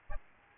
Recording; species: mosquito wingbeat signal from an infrared sensor; Aedes albopictus